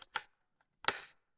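The removable trigger group of a Beretta DT11 over-and-under shotgun is pushed back up into the steel action, reversing the removal process. Two light clicks at 0.0 s and 0.2 s are followed by a faint tick near 0.6 s, then a sharp, loud metallic click at 0.9 s with a brief ringing tail. The trigger group locks in and is seated at 0.9 s.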